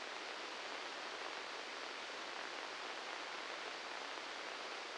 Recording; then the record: brain microelectrode recording played as sound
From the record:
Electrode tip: inside the subthalamic nucleus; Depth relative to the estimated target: -2 mm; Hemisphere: left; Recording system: NeuroSet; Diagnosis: Parkinson's disease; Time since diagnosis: 7 years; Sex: male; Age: 44 years